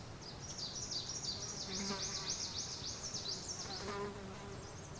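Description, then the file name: Birds giving rapid, high twittering chirps in a dense run for about four seconds, with a soft buzzing hum beneath. Mountain ambience in Asia with birds. "Ambience of the Asian mountains with birds"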